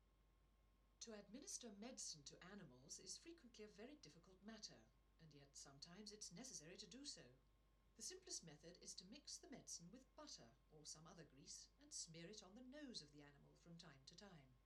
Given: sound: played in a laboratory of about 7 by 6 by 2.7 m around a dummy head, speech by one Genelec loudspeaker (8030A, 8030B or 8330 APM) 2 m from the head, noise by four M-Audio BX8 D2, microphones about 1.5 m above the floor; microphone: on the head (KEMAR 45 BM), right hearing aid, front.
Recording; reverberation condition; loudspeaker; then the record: female speech in English; low; 30 degrees to the right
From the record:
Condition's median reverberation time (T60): about 310 ms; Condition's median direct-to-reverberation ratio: about 3.5 dB